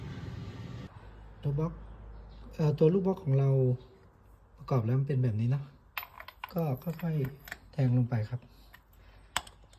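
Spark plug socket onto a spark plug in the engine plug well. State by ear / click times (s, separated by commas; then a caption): seated / 9.4 s. A 16 mm spark plug socket on an extension is pushed down the plug well onto a spark plug in a 2008–2012 Toyota Vios engine while someone talks. Light metallic taps and scrapes sound as it goes down, then a sharp click at 9.4 s as the socket's internal retainer grips the plug and locks it, seated.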